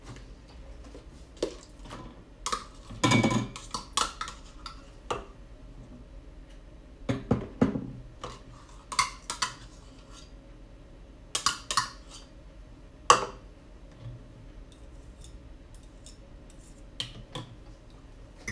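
Banana bread being made, heard as scattered kitchen clatter: sharp clicks, taps and clinks of utensils and dishes come irregularly through the clip. Louder knocks land around 3, 7 and 13 seconds, with brief quiet stretches and a low steady hum between them.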